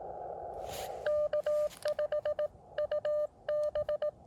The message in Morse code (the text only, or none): K5UB